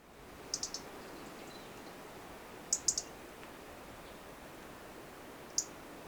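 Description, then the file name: European robin uttering sparse, sharp high ticks in two groups of three and a single tick near the end, separated by long quiet gaps with low hiss. "Erithacus rubecula"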